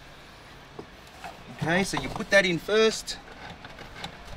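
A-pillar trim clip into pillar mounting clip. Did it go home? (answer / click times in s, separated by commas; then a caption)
no / none. On a Mercedes W204, the A-pillar trim clip is lined up with the larger opening of its mounting clip, between the dash and the metal tabs. Only faint handling taps are heard, around 0.8, 1.2, 3.7 and 4.0 seconds, while someone talks briefly in the middle. Nothing has clicked or seated yet; the push comes later.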